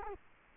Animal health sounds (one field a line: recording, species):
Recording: mosquito wingbeat signal from an infrared sensor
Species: Culex quinquefasciatus